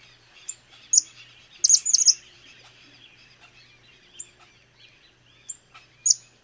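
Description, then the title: Cattle tyrant calls: short, sharp, squeaky high notes given singly and in quick clusters, with faint bird chatter in the background. Nominate subspecies Machetornis rixosa rixosa. "LuckyPassaro Completos2Sama. Cattle Tyrant (Machetornis rixosa rixosa)"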